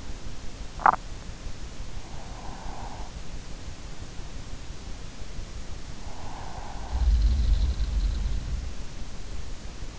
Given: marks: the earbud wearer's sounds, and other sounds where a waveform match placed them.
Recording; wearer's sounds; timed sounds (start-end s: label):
sounds in sleep by an in-ear microphone; teeth grinding, breath
0.00-1.71 s: teeth grinding
1.71-3.71 s: breath
6.05-7.08 s: breath
7.31-9.99 s: sound from someone else or the room